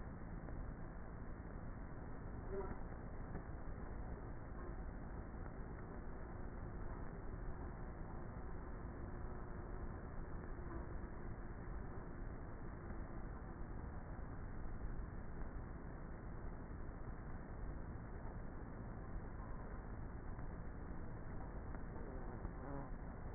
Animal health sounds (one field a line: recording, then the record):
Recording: honeybee colony, microphone inside the hive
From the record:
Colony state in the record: queenless with a low population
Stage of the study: before two queens were removed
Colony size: about 30,000 bees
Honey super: no